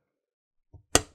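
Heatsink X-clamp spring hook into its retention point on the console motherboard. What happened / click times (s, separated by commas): The metal spring clip snapped into its catch / 0.9 s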